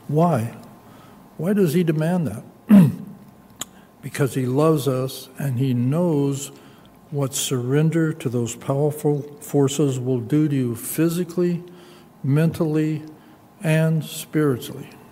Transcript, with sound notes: Why? Why does he demand that? [clears throat] Because he loves us. And he knows what surrender to those powerful forces will do to you physically, mentally, and spiritually.